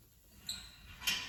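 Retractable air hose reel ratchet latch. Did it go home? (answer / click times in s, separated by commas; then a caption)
yes / 0.5 s. A ceiling-mounted retractable air hose is pulled down until its reel ratchet latch clicks and locks, so the hose stays down. A sharp click sounds at 0.5 s, and a louder broadband burst follows near 1.1 s. The hose is locked in place.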